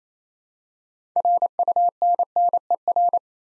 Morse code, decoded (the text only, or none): RUNNER